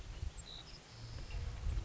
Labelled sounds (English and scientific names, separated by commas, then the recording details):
Savannah Sparrow (Passerculus sandwichensis)
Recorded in Sonoma County, California